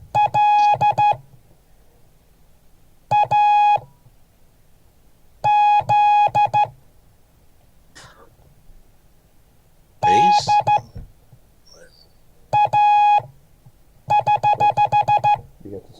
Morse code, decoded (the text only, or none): LAZDA<HH>